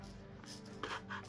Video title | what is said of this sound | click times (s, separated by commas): E&C (East Crane) 417 review! | and then it snaps back into place so I'll try to see if I can do that a little bit better | 0.8 s